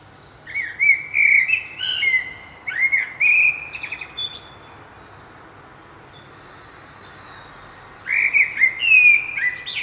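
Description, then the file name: Common blackbird with a run of mellow whistled notes and squeaky endings, a long quiet gap, then another fluty phrase beginning. "Turdus merula"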